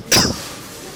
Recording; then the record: coughing mixed with background sound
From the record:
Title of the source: November cold (wet coughing)